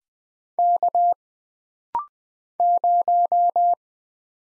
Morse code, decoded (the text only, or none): K 0